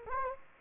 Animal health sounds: mosquito wingbeat signal from an infrared sensor; Anopheles gambiae

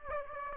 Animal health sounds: mosquito wingbeat signal from an infrared sensor; Aedes aegypti

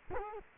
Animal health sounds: mosquito wingbeat signal from an infrared sensor; Culex quinquefasciatus

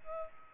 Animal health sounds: mosquito wingbeat signal from an infrared sensor; Culex pipiens

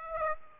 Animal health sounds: mosquito wingbeat signal from an infrared sensor; Aedes aegypti

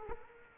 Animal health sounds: mosquito wingbeat signal from an infrared sensor; Culex quinquefasciatus

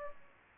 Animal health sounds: mosquito wingbeat signal from an infrared sensor; Culex pipiens

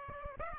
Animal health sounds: mosquito wingbeat signal from an infrared sensor; Aedes aegypti

